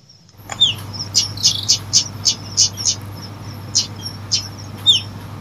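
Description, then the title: Lovebird chirps: sharp, shrill high notes repeated in quick uneven bursts, some with short downward slurs, over a steady low electrical hum. Used as a lure to attract lovebirds. "PIKAT BURUNG LOVEBIRD"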